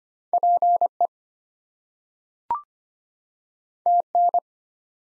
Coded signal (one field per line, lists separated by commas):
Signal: Morse code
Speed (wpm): 25 wpm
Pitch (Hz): 700 Hz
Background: none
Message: PE TN